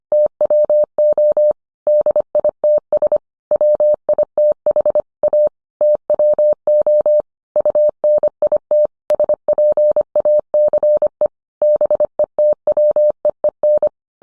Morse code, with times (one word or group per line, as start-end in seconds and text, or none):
0.1-1.5 TWO
1.9-3.2 DITS
3.5-5.0 WITH
5.2-5.5 A
5.8-7.2 TWO
7.6-8.9 UNIT
9.1-11.3 SPACE
11.6-13.9 BETWEEN